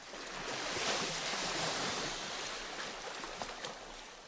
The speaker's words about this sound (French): c'était la sonorité, la musique rythmée, divinement mélodieuse, que les vagues et les brises apportaient.